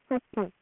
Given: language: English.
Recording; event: throat vibration sensor signal played as sound; speech